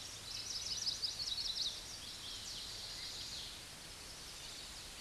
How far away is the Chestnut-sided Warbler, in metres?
about 20 m